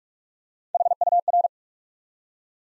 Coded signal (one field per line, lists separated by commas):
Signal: Morse code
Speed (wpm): 44 wpm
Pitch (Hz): 700 Hz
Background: none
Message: HUR